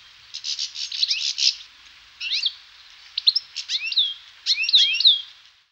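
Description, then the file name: European goldfinch song: a rapid, tinkling twitter of high notes mixed with sweet rising slurs, delivered in continuous bursts with brief pauses. "Fringillidés-Carduelis-carduelis-Chardonneret-élégant"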